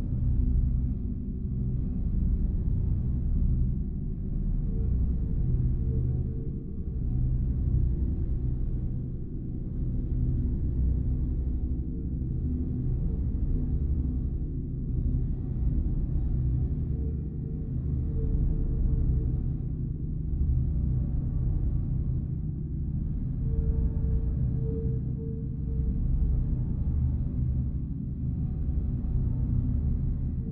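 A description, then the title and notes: A steady, dense low rumble fills the spaceship ambience, like a large engine droning without pause. Faint higher tones swell and fade every few seconds, with a soft ringing hum appearing around five, seventeen and twenty-five seconds, while the overall level stays nearly constant. The Ambient Spaceship Soundscape.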